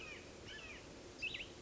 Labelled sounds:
Cassin's Vireo
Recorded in Sonoma County, California

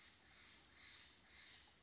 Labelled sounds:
Steller's Jay
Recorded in Sonoma County, California

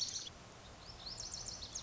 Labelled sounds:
Lazuli Bunting
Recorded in Sonoma County, California

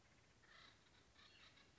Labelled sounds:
Acorn Woodpecker
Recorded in Sonoma County, California

